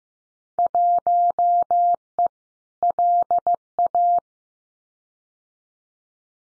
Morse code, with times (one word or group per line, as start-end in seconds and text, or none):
0.6-2.3 1E
2.8-4.2 LA